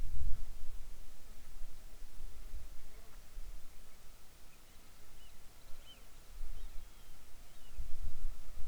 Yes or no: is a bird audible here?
yes